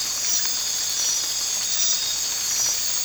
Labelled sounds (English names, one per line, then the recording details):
none
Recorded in dense forest near Puerto Asís, Putumayo, Colombia, on 8 March 2025 at 04:00
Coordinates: 0.484, -76.317
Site G064